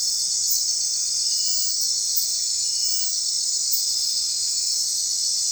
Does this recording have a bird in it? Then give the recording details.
no. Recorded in secondary vegetation near Puerto Asís, Putumayo, Colombia, on 25 June 2025 at 22:30. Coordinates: 0.499, -76.323. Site G077